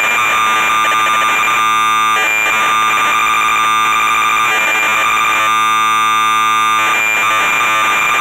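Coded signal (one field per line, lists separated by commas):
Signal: computer data on cassette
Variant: MSX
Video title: MSX VG-8020 - SPITFIRE 40 - Cassette Tape Loading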